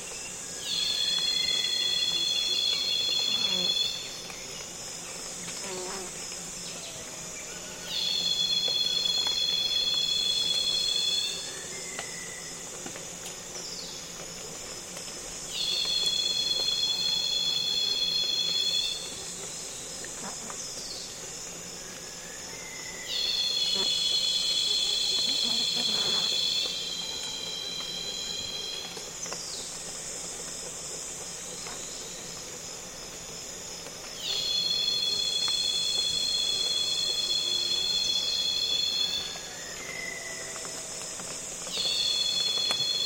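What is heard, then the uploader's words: Loud rainforest cicadas call in bright, shrill bursts of about four seconds, returning roughly every seven or eight seconds over a steady high insect hiss. Short chirps and brief close buzzes of passing insects come and go between the calls. Congo Basin Rainforest - Afternoon - Loud Cicadas. Loud cicadas calling on a calm afternoon in the Congo basin rainforest, accompanied by other insects flying and buzzing close to the mics.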